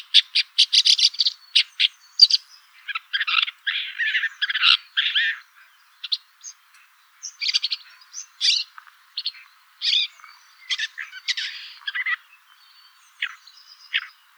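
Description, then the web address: Woodchat shrike call: a long varied jumble of harsh scratchy notes and chattering bursts, delivered in quick phrases with brief pauses throughout. "lanius senator call"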